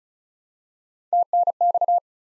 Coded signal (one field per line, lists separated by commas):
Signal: Morse code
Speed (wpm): 36 wpm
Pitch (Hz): 700 Hz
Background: none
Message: TNX